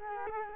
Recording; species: mosquito wingbeat signal from an infrared sensor; Culex quinquefasciatus